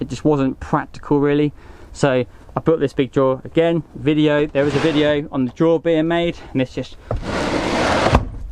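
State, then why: Seated. A large pull-out drawer built for bikes is pushed shut into its latch in the garage frame of a Sprinter camper van while someone talks. A broadband sliding rush runs from about 7.2 s, then a single sharp click at 8.2 s as the drawer latches in and seats.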